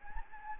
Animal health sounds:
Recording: mosquito wingbeat signal from an infrared sensor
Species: Anopheles gambiae

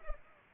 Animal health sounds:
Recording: mosquito wingbeat signal from an infrared sensor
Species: Culex pipiens

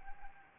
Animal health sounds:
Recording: mosquito wingbeat signal from an infrared sensor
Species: Anopheles arabiensis

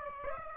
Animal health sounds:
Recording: mosquito wingbeat signal from an infrared sensor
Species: Aedes aegypti

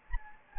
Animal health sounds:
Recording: mosquito wingbeat signal from an infrared sensor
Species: Anopheles gambiae

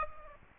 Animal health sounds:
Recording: mosquito wingbeat signal from an infrared sensor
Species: Aedes aegypti

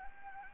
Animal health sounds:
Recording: mosquito wingbeat signal from an infrared sensor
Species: Anopheles gambiae

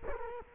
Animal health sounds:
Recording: mosquito wingbeat signal from an infrared sensor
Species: Culex quinquefasciatus

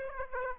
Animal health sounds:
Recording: mosquito wingbeat signal from an infrared sensor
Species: Aedes aegypti

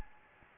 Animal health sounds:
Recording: mosquito wingbeat signal from an infrared sensor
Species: Anopheles gambiae

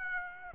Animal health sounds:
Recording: mosquito wingbeat signal from an infrared sensor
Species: Aedes aegypti

